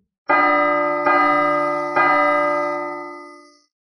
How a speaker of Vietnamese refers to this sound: tiếng chuông du dương truyền đến, trong ngũ sắc quang hoa chớp động, nguyên bổn cửa điện đang mở ra, lúc này từ từ đóng lại.